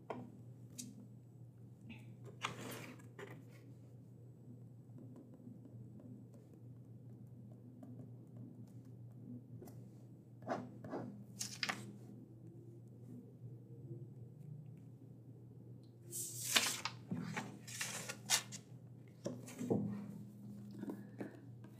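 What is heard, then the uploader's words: Books are handled and checked, with sharp bursts of page flips, thumps and sliding covers near 2.5, 11, and a busy cluster around 16 to 18 seconds. A steady low hum runs underneath throughout, with faint scattered clicks and rustles between. Librarian Checking Books ASMR. I will be checking through and prepping books for the library. There are some noise issues in this one.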